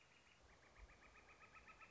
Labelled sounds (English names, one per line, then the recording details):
Northern Flicker
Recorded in Sonoma County, California